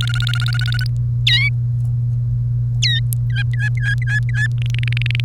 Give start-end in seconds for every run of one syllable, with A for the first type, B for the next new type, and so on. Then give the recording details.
0.00-0.87 A, 1.27-1.49 B, 2.82-3.00 B, 3.30-4.47 C, 4.62-5.25 D. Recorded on 1 May 2018 at 10:13. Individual llb3